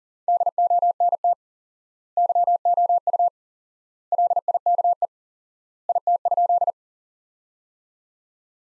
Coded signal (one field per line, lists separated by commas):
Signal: Morse code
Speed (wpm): 40 wpm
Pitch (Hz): 700 Hz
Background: none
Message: DONT YOU LIKE IT?